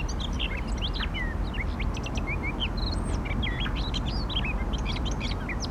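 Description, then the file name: Eurasian blackcap warbling song: quick varied notes, some sliding whistles and short clear phrases, continuing throughout against constant low-pitched background noise. "Sylvia atricapilla"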